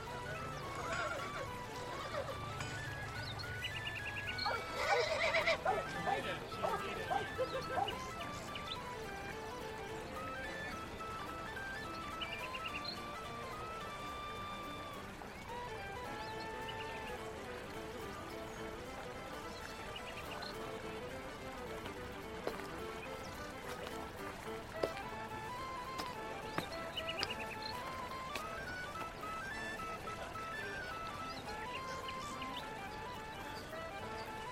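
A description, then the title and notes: A medieval life ambience with a steady murmur of voices and scattered everyday sounds throughout. Around five seconds a louder burst stands out, possibly a horse whinnying, and faint hoof clops and brief clatters recur across the rest of the scene. Medieval life ASMR Ambience.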